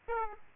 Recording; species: mosquito wingbeat signal from an infrared sensor; Aedes aegypti